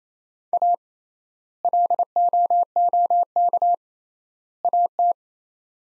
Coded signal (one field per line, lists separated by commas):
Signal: Morse code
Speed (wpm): 28 wpm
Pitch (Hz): 700 Hz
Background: none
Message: A LOOK AT